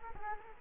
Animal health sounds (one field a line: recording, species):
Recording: mosquito wingbeat signal from an infrared sensor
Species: Culex quinquefasciatus